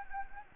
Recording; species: mosquito wingbeat signal from an infrared sensor; Anopheles gambiae